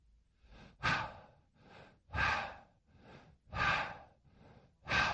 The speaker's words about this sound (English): Sound from heaven. The sound from heaven is of a heavy breathing. Jesus Christ had told them, when they saw this, just to breathe in.